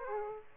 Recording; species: mosquito wingbeat signal from an infrared sensor; Aedes aegypti